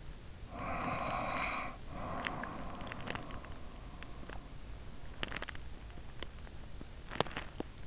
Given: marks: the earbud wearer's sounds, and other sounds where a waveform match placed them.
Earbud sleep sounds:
sounds in sleep by an in-ear microphone; breath, teeth grinding
0.24-3.67 s: breath
1.78-3.67 s: teeth grinding
4.86-7.87 s: teeth grinding

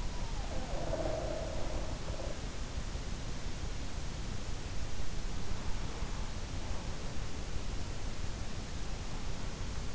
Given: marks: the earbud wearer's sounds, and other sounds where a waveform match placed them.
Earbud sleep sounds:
sounds in sleep by an in-ear microphone; snoring breath
0.00-2.57 s: snoring breath

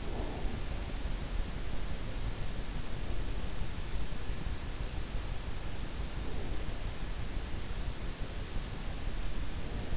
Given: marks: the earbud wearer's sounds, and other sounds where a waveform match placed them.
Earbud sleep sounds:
sounds in sleep by an in-ear microphone; breath
0.00-0.74 s: breath

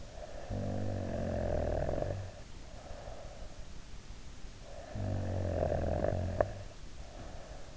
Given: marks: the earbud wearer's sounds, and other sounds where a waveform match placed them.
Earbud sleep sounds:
sounds in sleep by an in-ear microphone; snoring breath
0.08-3.85 s: snoring breath
4.53-7.77 s: snoring breath

